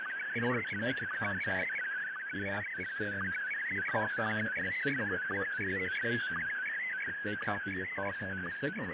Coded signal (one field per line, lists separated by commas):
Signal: SSTV (slow-scan television)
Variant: Scottie DX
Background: speech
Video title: SSTV on Ham Radio ( watch me figure it out)